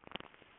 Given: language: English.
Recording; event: throat vibration sensor signal played as sound; swallow